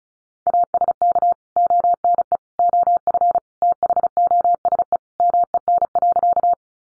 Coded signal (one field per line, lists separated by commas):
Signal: Morse code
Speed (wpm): 34 wpm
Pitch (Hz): 700 Hz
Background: none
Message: ASK ONE OF THOSE MEN.